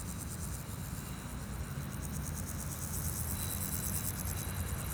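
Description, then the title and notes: Grasshopper song of rapid high pulsed buzzing that grows stronger toward the end, over a steady low rumble of vehicles. Grasshoppers on a sunny day at Chaussée de Tervueren, Pins Noirs, Auderghem, Brussels, Belgium, with passing cars; recorded with DPA 4060 microphones in AB position into a Zoom F3. "Chaussée de Tervueren, Pins Noirs, Auderghem, Bruxelles-Capitale, 1160, Belgique - Sauterelles - Grasshoppers. Sunny day, grasshoppers, bikes, cars, tram 44. Journée ensoleillée, sauterelles, vélos, voitures, tram 44"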